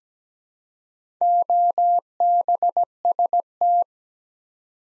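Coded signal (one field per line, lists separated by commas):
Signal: Morse code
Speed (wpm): 17 wpm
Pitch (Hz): 700 Hz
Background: none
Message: OBST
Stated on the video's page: Morse practice at 17 wpm building 8-letter words two letters at a time, for instant character recognition.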